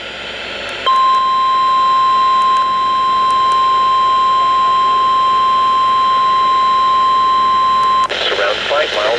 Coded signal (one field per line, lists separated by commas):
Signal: Emergency Alert System (SAME) tones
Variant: 1050 Hz attention tone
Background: speech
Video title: Severe Thunderstorm Warning 6 On KDO89 9/26/2023 (EAS #2,308)